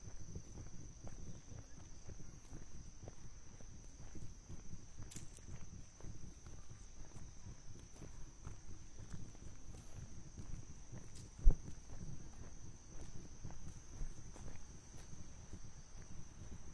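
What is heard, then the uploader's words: A walk outdoors at midday, with soft, irregular low thuds and rustling running steadily throughout. A thin, constant high whine, like insects, hangs over everything. A single sharp knock stands out at about eleven and a half seconds, with a faint click near five seconds. 27℃ 多云天的午间散步. Noon Break Walking On A Cloudy Day.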